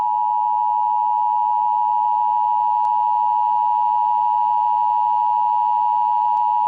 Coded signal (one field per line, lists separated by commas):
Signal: Emergency Alert System (SAME) tones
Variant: 853 and 960 Hz attention tone